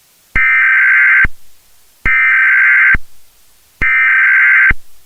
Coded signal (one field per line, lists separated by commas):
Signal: Emergency Alert System (SAME) tones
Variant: header bursts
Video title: Infected: A Zombie EAS Scenario